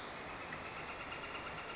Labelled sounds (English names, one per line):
Northern Flicker